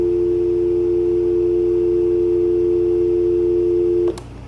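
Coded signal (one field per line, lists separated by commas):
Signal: telephone call progress tone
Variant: North America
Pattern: dial tone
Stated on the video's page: Call progress tone from an AT&T EP5995 5.8 GHz cordless analog speakerphone.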